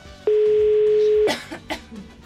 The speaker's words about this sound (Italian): Sentite questa tosse intanto.